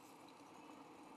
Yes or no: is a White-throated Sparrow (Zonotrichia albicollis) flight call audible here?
no